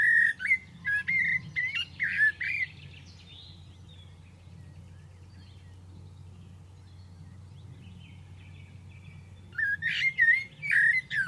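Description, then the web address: Bird calls: squeaky, scratchy chirps in a lively burst at the start and again near the end, separated by several seconds of quiet, with steady low hum. "Deverinetal. Bird Only"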